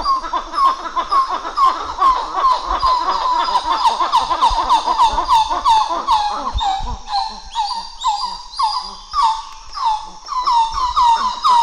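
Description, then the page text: Coppery titi monkey duet of fast, pulsing, arched notes in a long unbroken sequence, swelling and fading in waves, with occasional low thumps beneath. Duet by group 6, recorded 11 July 2018 at 08:02. "Plecturocebus cupreus. Gr 6 duet 20180711 080200"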